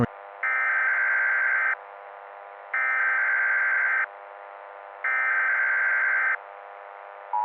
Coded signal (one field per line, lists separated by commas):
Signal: Emergency Alert System (SAME) tones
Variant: header bursts